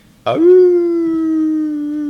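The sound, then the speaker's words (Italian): A single long, loud wolf howl begins abruptly after a brief pause and holds a steady, mid-pitched tone with rich harmonics for about two seconds without fading. “Ululò il lupo cerino, tradotto dalla lingua dei lupi significava: «Fermi!”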